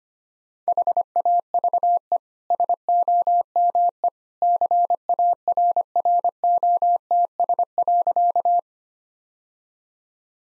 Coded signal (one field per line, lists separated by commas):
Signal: Morse code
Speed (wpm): 25 wpm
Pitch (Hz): 700 Hz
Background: none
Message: HAVE SOME CARROTS.